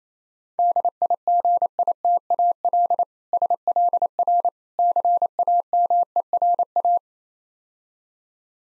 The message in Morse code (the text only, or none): DIGITAL SLR CAMERA